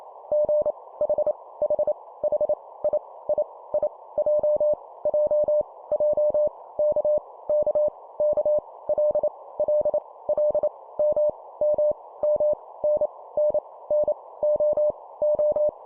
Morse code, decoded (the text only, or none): G H H H I I I J J J K K K L L L M M M N N N O O